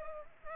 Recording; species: mosquito wingbeat signal from an infrared sensor; Culex pipiens